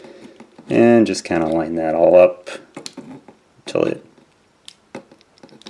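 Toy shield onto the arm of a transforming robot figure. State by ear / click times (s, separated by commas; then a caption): not seated / none. Someone talks while flipping a plastic toy shield around and lining up its tabs with the slots on the side of the arm of a Transformers Masterpiece Star Saber robot figure, with light plastic taps and handling clicks between the words. The shield is only being lined up, and nothing has snapped into place yet.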